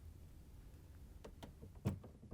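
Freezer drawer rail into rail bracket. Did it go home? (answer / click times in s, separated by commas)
no / none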